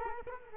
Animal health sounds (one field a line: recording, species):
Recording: mosquito wingbeat signal from an infrared sensor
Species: Culex quinquefasciatus